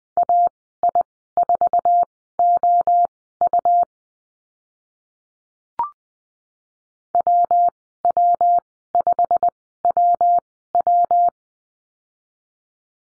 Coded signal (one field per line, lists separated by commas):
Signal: Morse code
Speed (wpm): 20 wpm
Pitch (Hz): 700 Hz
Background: none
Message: AI4OU WW5WW